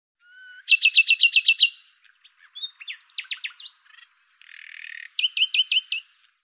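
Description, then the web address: Bird gives a quick run of about eight evenly spaced chirps, then varied squeaky twitters and a buzzy hiss, closing with another short run of repeated chirps. "Deverinetal 2025"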